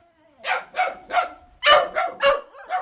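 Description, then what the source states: Dachshunds barking in a quick series of about seven sharp yapping barks, with a short pause after the first three. Three dachshunds at another kennel in Germany, said to be not shy at all.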